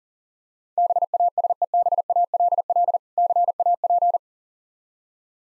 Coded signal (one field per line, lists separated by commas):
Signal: Morse code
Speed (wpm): 38 wpm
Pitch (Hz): 700 Hz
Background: none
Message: BASEBALL CAP